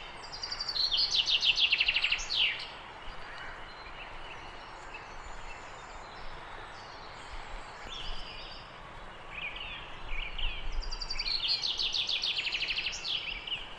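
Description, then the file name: Common chaffinch song: two bright, rattling descending phrases of quick notes ending in a flourish, with softer calls between, over steady background noise. "Fringilla coelebs"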